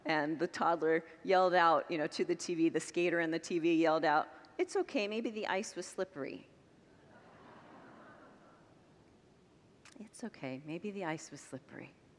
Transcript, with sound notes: And the toddler yelled out to the TV — the skater in the TV — yelled out, “It’s okay! Maybe the ice was slippery!” [Congregants laugh] It’s okay; maybe the ice was slippery.